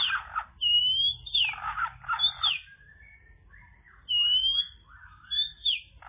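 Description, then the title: Bird song mixing scratchy chatter with long, sweeping high whistles and a short series of quick, falling whistled notes. "kikicau"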